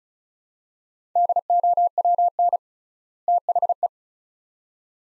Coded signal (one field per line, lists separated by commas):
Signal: Morse code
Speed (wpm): 34 wpm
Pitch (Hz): 700 Hz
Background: none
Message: DOWN THE